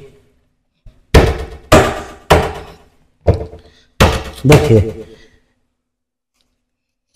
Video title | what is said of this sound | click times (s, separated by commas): LSD world Best Quality Curv Cabinet कैसे तैयार होता है मजबूती बेस्ट है | य इस तरह से य लॉक हो गया य भी लॉक हो गया | 1.1 s, 1.7 s, 2.3 s, 4.0 s